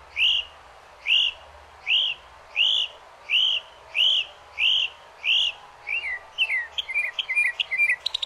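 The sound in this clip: Northern mockingbird song: a loud arched whistled note repeated about eight times, then switching to a quicker series of varied chips and trills.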